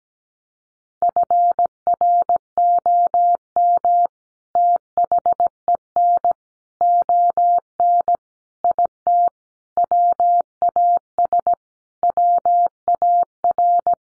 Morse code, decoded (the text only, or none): FROM THEN ON IT WAS WAR